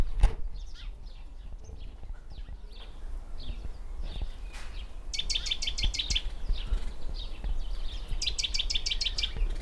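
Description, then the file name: Great tit: two bursts of rapid repeated high notes in the second half, with faint scattered notes earlier, over a steady low rumbling background. "Parus major"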